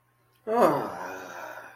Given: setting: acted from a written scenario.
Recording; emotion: vocal sound without words; distress